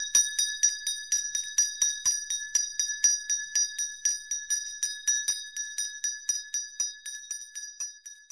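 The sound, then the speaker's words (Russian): A small bell fixed above the entrance jingles as a massive oak door creaks open and strikes it, ringing on and on in quick, steady strikes, bright and high-pitched, alone and easing slightly softer toward the end. “Чуть скрипя, она отворилась, задев небольшой колокольчик, прикрепленный над входом.”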